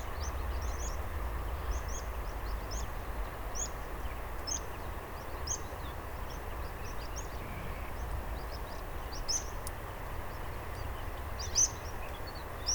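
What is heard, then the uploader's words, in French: Pipits gathering at a marsh roost call constantly, a dense scatter of thin, high chirps overlapping throughout. Beneath them runs a steady low rumble, like distant traffic or wind. A sharp tick stands out near the eleventh second. DORTOIR DE PIPITS. Marais des Bouligons - Nagra Ares BB+ - Omni B&K. Depuis début septembre un dortoir de pipit farlouse et spioncelle est installé dans le marais et la population dépasse les 100 individus. Tous les soir c'est un ballet de cris et de silhouettes qui tombent du ciel pour ce réfugier pour la nuit dans les roseaux.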